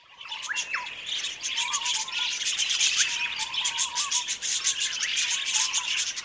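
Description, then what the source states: Budgerigar flock calling steadily, a thick layer of buzzy chirps and rapid clicks, with soft lower whistled notes scattered underneath. Several budgies.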